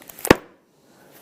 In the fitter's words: you've got this quality ready listen for the snap